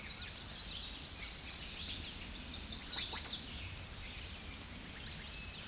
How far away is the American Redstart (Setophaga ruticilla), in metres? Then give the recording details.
about 15 m. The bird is about 5 m above the microphone. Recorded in a Pennsylvania forest on 16 May 2024 at 06:52. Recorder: AudioMoth, point MSD-0827. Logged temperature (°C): 12.1 °C. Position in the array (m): 124 m, 210 m